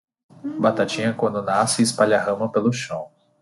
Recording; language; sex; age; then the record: short text; Brazilian Portuguese; male; 30 to 39 years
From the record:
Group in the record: control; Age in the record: 30 years